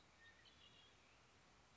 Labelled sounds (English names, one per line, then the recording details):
Red-winged Blackbird
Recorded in Sonoma County, California